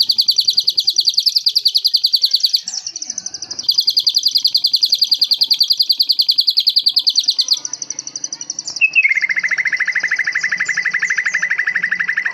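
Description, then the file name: Greater green leafbird song made of long, high, rolling canary-like trills that hold for seconds, then drop into a lower, steady rattling trill. Greater green leafbird song with canary song fill-ins (isian kenari). "cucak hijau isian kenari"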